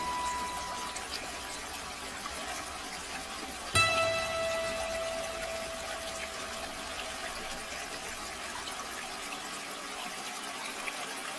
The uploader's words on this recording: Running Water Soft Relaxation Sounds White Noise. The gentle and continuous flow of running water.